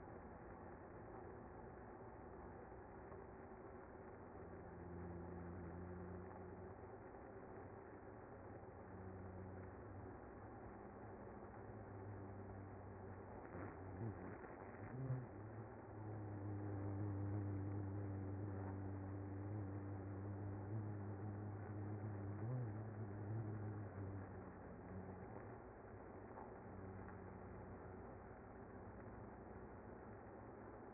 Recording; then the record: honeybee colony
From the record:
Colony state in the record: active